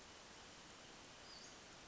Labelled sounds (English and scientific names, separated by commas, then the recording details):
Western Flycatcher (Empidonax difficilis)
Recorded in Sonoma County, California